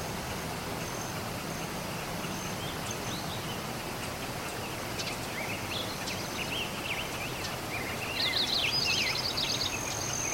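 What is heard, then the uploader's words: A dawn chorus heard over a steady low rumble, with scattered faint chirps and calls through the first eight seconds. Near the end a bird sings a quick, bright twittering phrase that stands out above the hiss. Dawn Chorus. Recorded April 2021.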